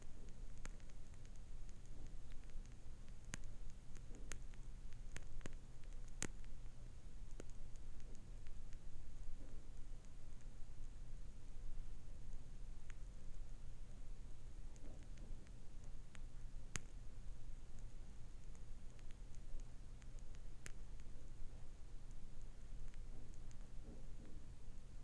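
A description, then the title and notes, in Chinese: A candle burns with a wood-fire-like crackle: a steady low hum and soft hiss run throughout, dotted with sharp little pops at irregular moments, a cluster near the start and isolated snaps around 6, 17 and 21 seconds. The level stays even. 蠟燭燃燒的聲音。類似燒柴聲的蠟燭 ASMR。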